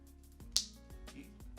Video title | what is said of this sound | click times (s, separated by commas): Decky Hats - Wholesale Blanks Review | I just snapped them in. You heard that, right? | 0.6 s